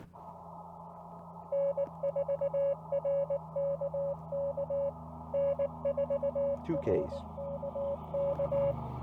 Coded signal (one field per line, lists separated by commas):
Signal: Morse code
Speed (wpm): 19 wpm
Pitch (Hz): 560 Hz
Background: speech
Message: N4RKK N4RKK